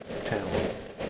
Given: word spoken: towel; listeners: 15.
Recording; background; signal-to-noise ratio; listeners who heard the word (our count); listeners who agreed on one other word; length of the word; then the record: one English word in noise, from a listening test; noise modulated by three-talker babble; -3.8 dB; 0 of 15; 15 of 15; 0.70 s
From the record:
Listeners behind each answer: 15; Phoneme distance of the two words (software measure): 17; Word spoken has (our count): 2 syllables, 4 phonemes, stress on syllable 1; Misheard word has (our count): 1 syllable, 3 phonemes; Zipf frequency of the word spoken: 3.87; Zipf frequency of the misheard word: 5.24